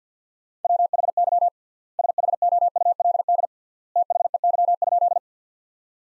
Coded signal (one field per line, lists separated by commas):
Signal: Morse code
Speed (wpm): 48 wpm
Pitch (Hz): 700 Hz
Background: none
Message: WHY SHOULD THEY?